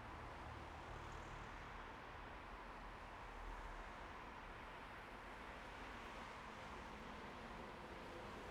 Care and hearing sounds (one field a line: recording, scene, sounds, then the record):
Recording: everyday scene through a hearing-aid microphone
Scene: in traffic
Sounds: traffic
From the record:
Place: bus stop on a city main road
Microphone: behind the ear, right, rear